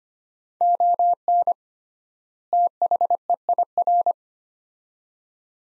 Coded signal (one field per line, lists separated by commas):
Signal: Morse code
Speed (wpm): 25 wpm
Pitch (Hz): 700 Hz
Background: none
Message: ON THEIR